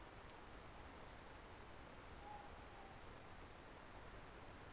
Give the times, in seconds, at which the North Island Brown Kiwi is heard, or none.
none